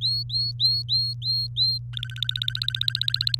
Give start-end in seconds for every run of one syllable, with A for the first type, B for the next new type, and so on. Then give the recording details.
0.01-1.79 A, 1.93-3.35 B. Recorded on 24 April 2018 at 06:05. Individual llb3